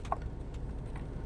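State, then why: Seated. While reinstalling the engine air filter on a 2020-2022 Kia Telluride 3.8, a plastic air filter housing clip on the engine air box cover is snapped shut, giving a sharp click at 0.1 s. Fainter taps follow at about 0.05 s and 1.0 s over a steady low background hum. The clip locks and the cover is seated.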